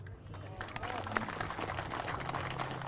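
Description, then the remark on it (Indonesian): An audience at a talk by Ustaz Abdul Somad applauds steadily for a few seconds, a dense rattle of many hands clapping at once, mixed with a murmur of voices. “Jangan tepuk tangan dulu.”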